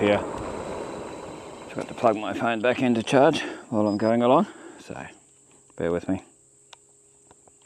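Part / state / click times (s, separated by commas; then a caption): phone into bike charging mount/charger plug / seated / 6.7 s. A phone is plugged back into a bike charging mount or charger plug so it charges during the ride. Someone talks over a steady high hiss and background noise, then a single sharp click at 6.7 s marks the phone seating in place.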